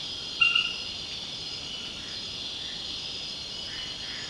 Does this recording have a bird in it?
no